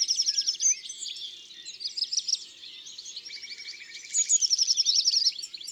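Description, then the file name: European greenfinch song: quick metallic trills at the start and end with a lower rattling trill and jumbled twittering between them. "Verdier-d Europe-ABC-des-chants-doiseaux"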